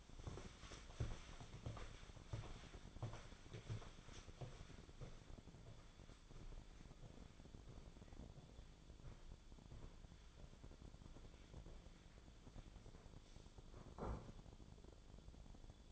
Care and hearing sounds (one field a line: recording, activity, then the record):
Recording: daily activity, microphone in the room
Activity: walk to room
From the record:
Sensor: 5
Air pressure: 1010.2 hPa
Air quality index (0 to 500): 140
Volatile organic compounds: 3 ppm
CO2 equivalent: 1371 ppm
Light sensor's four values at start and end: 287/672/295/334 and 275/688/288/316